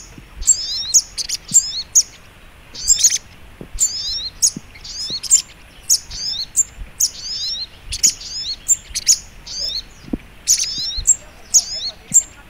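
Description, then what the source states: Little Spiderhunter song: rapid, high, sharp chirping notes in quick bursts with short gaps, steady throughout over a faint background hiss. Training (masteran) song in the Labaik style.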